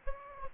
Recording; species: mosquito wingbeat signal from an infrared sensor; Aedes aegypti